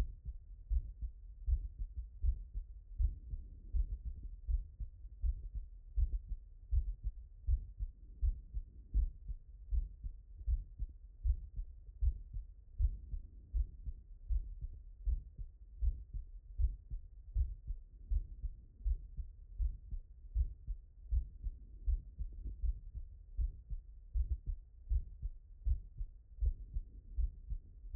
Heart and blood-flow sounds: heart sounds by stethoscope; tricuspid valve (TV)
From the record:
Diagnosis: non-HFrEF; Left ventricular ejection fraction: 79%

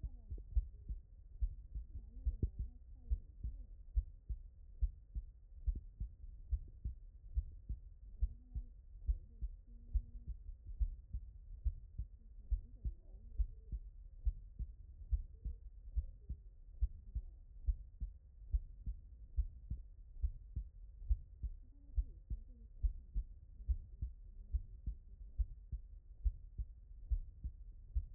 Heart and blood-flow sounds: heart sounds by stethoscope; tricuspid valve (TV)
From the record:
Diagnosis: non-HFrEF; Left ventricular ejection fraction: 61%

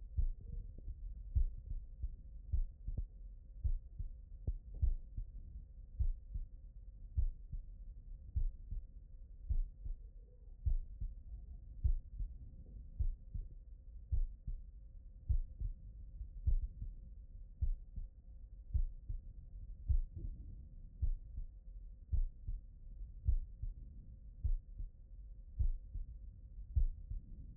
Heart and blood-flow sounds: heart sounds by stethoscope; pulmonary valve (PV)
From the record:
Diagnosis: non-HFrEF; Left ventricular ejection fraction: 59%

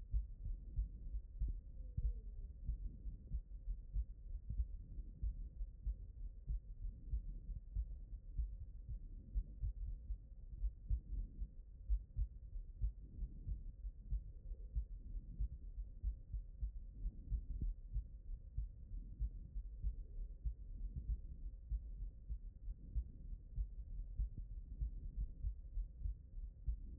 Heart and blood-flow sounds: heart sounds by stethoscope; aortic valve (AV)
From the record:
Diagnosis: HFrEF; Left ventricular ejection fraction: 10%

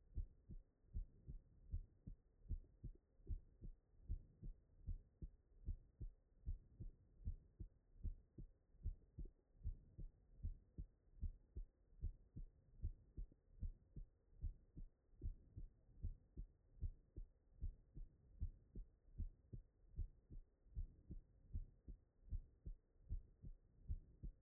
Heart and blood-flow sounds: heart sounds by stethoscope; tricuspid valve (TV)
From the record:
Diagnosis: non-HFrEF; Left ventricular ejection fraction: 67%

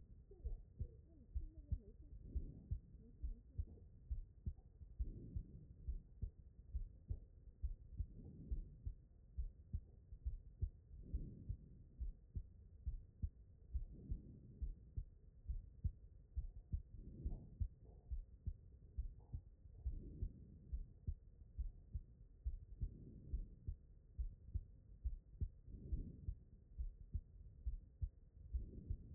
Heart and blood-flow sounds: heart sounds by stethoscope; pulmonary valve (PV)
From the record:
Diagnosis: non-HFrEF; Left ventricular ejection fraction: 62%

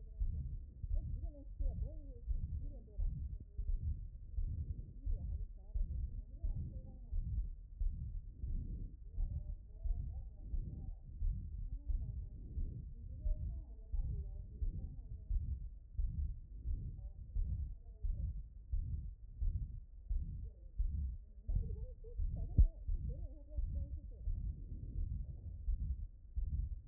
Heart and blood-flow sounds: heart sounds by stethoscope; pulmonary valve (PV)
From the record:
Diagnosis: non-HFrEF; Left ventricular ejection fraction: 72%

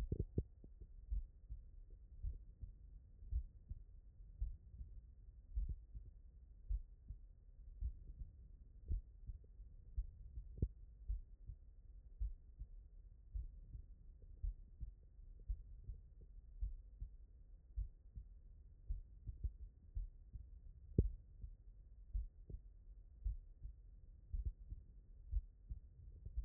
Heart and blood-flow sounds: heart sounds by stethoscope; tricuspid valve (TV)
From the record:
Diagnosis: non-HFrEF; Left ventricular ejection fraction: 62%

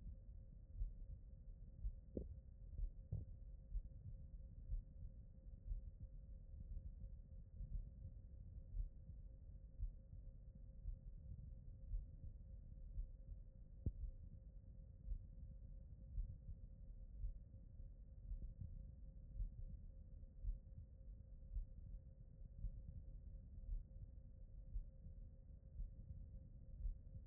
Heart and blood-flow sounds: heart sounds by stethoscope; aortic valve (AV)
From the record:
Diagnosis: non-HFrEF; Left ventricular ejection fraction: 63%

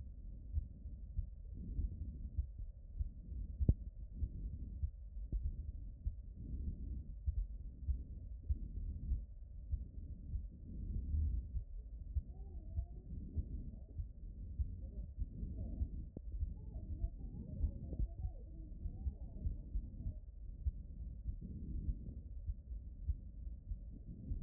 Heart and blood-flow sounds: heart sounds by stethoscope; aortic valve (AV)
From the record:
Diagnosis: HFrEF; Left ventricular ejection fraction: 25%

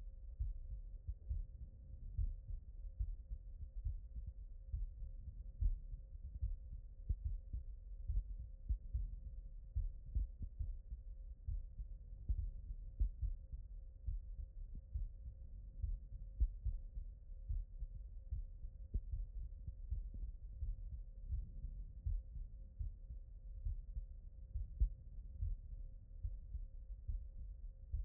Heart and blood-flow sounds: heart sounds by stethoscope; aortic valve (AV)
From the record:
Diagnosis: non-HFrEF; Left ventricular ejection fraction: 66%

